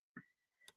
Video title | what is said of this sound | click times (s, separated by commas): ▶️ LIVE (replay) - Crafty Fun with Friends (Ep. 55) | Simon Says hear that click | 0.2 s